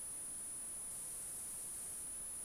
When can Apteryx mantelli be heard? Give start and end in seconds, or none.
none